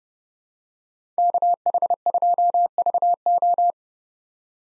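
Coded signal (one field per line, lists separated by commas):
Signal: Morse code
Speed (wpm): 30 wpm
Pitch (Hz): 700 Hz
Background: none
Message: KH2VO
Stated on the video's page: Morse practice of five-character USA call signs at 30 wpm with 8x Farnsworth character spacing.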